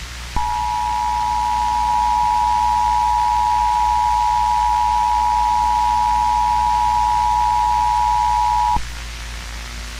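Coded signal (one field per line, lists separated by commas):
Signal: Emergency Alert System (SAME) tones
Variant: 853 and 960 Hz attention tone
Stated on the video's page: Fictional EAS scenario, text and editing made in mobile apps.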